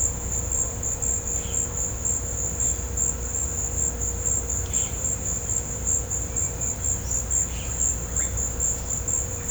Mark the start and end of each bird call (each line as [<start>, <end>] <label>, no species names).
[7.77, 8.43] bird call